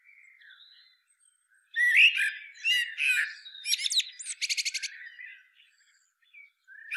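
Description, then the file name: Common blackbird opening softly, then a loud warbling phrase ending in a rapid series of squeaky high clicks and twitters. "Turdus merula"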